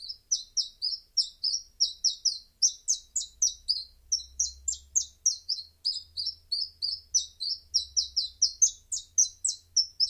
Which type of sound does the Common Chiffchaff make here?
song